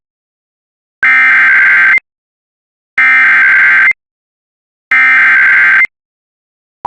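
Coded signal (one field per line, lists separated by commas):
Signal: Emergency Alert System (SAME) tones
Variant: header bursts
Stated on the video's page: Real alerts, partly from radio station audio supplied by others.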